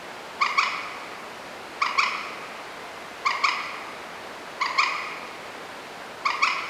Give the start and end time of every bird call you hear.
0.39s-0.69s: Gallinula chloropus (0.6-8.1 kHz)
1.79s-2.08s: Gallinula chloropus (0.8-8.3 kHz)
3.24s-3.53s: Gallinula chloropus (1.0-9.3 kHz)
4.58s-4.88s: Gallinula chloropus (0.8-7.9 kHz)
6.23s-6.51s: Gallinula chloropus (0.8-9.2 kHz)

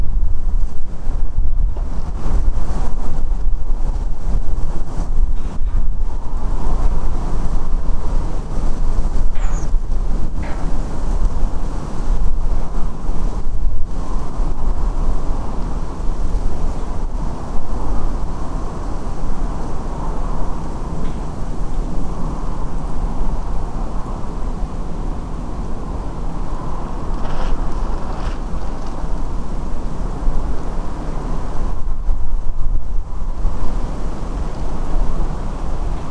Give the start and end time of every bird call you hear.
9.38s-9.65s: Turdus iliacus (5.4-8.2 kHz)

